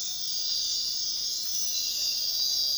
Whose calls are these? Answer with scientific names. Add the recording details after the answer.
none. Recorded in dense forest near Puerto Asís, Putumayo, Colombia, on 18 February 2024 at 05:30. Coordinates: 0.499, -76.324. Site G6469